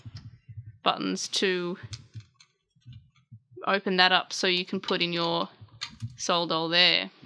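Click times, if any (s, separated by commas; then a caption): none. A small plastic soul doll figure is handled beside the opened slot of a handheld plastic virtual-pet toy, the slot having been opened with its buttons, while someone talks. Faint plastic ticks and handling clicks are heard between the speech, but nothing has seated or clicked into place yet.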